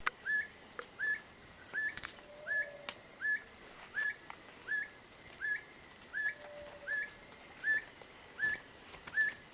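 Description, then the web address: Black bushbird giving a steady string of short, rising, hooked notes, roughly one every 0.7 seconds, with a continuous shrill insect chorus behind. "sound Black-Bushbird. صدای-پرنده-بیشه-مرغ-سیاه"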